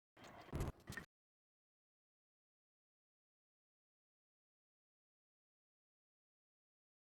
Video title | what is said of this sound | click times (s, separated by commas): Review LEVOIT Humidifier for Bedroom Large Room Home, OasisMist Smart Cool and Warm Mist Humidifiers | and then just put it right there. You'll hear a click, and then you're good to go. | 1.0 s